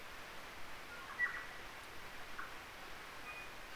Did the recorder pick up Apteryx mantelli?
no